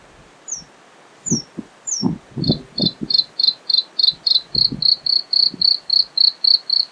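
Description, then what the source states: Bluethroat song opening with three high slurred whistles, then a run of metallic repeated notes that steadies, over scattered low knocks. Recorded 25 May 2025.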